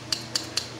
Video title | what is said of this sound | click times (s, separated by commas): Cleaning a Walther PK380 | it right on there and let it pop into place and | 0.1 s, 0.4 s, 0.6 s